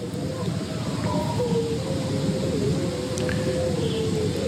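Wolves howling a call to hunt, in long, drawn-out wavering tones that overlap and slowly slide in pitch, carried over a steady rushing background noise throughout.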